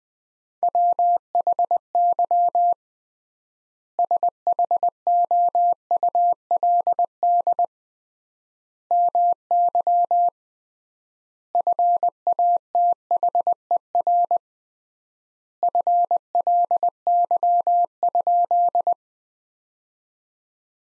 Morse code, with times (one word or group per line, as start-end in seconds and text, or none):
0.6-2.7 WHY
4.0-7.6 SHOULD
8.9-10.3 MY
11.6-14.4 FATHER
15.6-18.9 FLY?